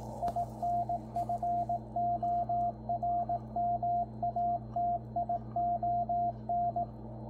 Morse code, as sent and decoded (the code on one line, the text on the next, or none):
.. -. ..-. --- .-. -- .- - .. --- -.
INFORMATION